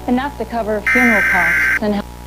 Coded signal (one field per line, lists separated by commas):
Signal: Emergency Alert System (SAME) tones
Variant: header bursts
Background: speech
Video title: (OLD) The National EAS Test Hijacking of 2011